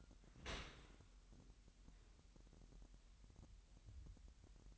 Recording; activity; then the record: daily activity, microphone in the room; open dishwasher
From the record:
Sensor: 3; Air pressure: 998.2 hPa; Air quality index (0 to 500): 151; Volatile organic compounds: 5 ppm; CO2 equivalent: 1808 ppm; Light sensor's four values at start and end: 13/38/15/14 and 13/38/15/14